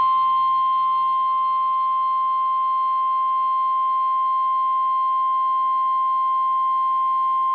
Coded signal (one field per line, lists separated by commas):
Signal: Emergency Alert System (SAME) tones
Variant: 1050 Hz attention tone